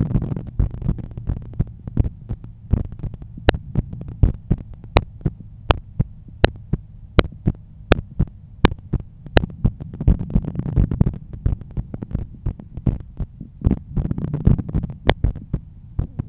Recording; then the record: heart sounds by stethoscope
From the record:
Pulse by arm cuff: 82 bpm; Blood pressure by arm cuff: 129/85 mmHg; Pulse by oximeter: 85 bpm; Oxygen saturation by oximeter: 98%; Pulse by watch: 85 bpm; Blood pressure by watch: 126/80 mmHg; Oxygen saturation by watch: 96%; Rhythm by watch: sinus rhythm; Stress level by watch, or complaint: low stress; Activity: after 5 min smoking and 1 beer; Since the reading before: plus 4300 steps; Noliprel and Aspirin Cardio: after pills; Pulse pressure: 44 mmHg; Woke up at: 7:50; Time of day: 21:45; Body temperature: 36.5 C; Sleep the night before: 7 h 52 min, score 75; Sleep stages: REM 24%, light 55%, deep 12%, awake 9%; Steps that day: 9500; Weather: clear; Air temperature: 17.3 C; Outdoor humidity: 73%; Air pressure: 1013 hPa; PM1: 5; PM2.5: 9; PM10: 10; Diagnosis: hypertension, treated with Noliprel and Aspirin Cardio 100 mg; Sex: male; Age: 53 years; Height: 174 cm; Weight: 81 kg